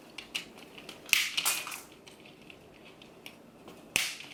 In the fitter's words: and they snap into place really well they are very sturdy